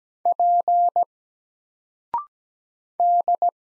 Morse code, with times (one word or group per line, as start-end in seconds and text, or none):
0.3-1.0 P
3.0-3.5 D